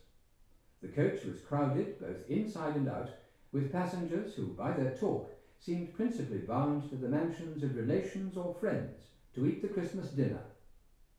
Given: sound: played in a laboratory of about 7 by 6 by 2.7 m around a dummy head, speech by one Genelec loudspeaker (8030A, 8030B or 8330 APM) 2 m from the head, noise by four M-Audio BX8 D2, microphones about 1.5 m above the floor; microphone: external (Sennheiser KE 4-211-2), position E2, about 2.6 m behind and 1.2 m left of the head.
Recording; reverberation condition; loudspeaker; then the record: male speech in English; medium; 120 degrees to the left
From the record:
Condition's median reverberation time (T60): about 510 ms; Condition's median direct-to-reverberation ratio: about -0.5 dB